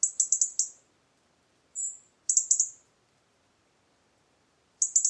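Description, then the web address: European robin, high-pitched calls: rapid ticking bursts of several notes, one smooth thin whistle, then more stuttered bursts, with long silent pauses between. "Deverinetal 2025 File origin Bird Only Er Ru"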